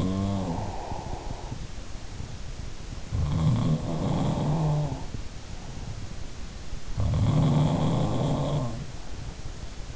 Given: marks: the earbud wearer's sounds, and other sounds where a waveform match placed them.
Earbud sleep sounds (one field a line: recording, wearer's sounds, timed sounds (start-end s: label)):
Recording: sounds in sleep by an in-ear microphone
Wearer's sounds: breath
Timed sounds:
0.00-2.00 s: breath
2.91-5.89 s: sound from someone else or the room
3.93-5.89 s: breath
6.78-9.71 s: sound from someone else or the room
7.63-9.71 s: breath